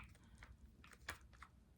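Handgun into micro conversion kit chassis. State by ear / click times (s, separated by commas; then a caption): not seated / none. A handgun is handled as its ridges are lined up with a micro conversion kit chassis, with a few soft taps and scrapes, the loudest near 1.1 s. Nothing has seated or clicked into the chassis yet.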